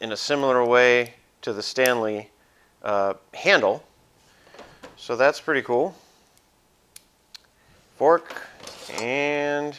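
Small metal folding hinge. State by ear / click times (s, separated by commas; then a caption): seated / 7.0 s, 7.4 s. Someone talks while unfolding the handle of a folding camping fork, which locks open in a similar way to the cook pot's handle. After a faint tick near 6.4 s, two sharp ticks at 7.0 s and 7.4 s mark the handle locking into its open position, and then the talking resumes.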